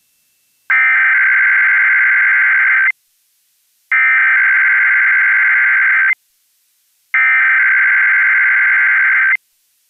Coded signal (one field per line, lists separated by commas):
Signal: Emergency Alert System (SAME) tones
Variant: header bursts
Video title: Capital District Required Monthly Test on WAMC-FM Albany, NY (6/7/22) (EAS #15)